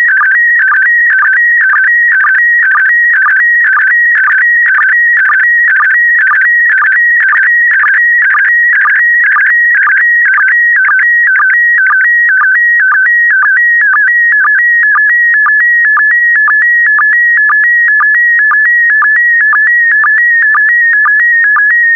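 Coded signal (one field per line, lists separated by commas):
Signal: SSTV (slow-scan television)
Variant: PD120 mode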